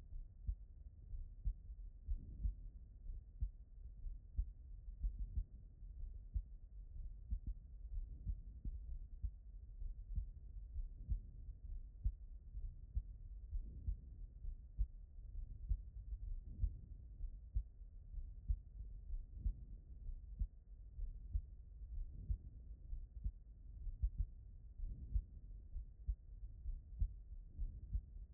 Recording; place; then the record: heart sounds by stethoscope; aortic valve (AV)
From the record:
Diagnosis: non-HFrEF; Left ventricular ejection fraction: 68%